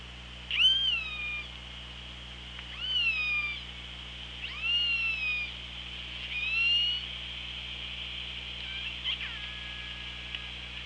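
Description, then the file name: Orca calls, four strong harmonic calls that rise sharply then fall, spaced about two seconds apart, then a softer flat call, over steady low hum. Recorded on an OrcaLab hydrophone underwater, 24 August 2017 at 17:27. "Orca Lab UTLN JASON 20170824 172706"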